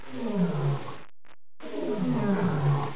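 Lion roaring in two long, deep, rough bursts with a short silence between them, the growling tone swelling and fading in each.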